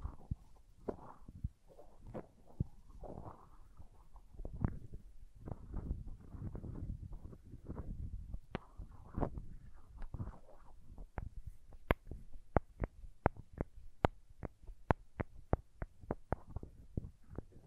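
Crayons tapping and scraping against a surface, with soft, low rubbing and carving strokes filling the first half. After about eight seconds, sharp, bright taps take over, coming in a fairly regular run of clicks roughly every half second until the end.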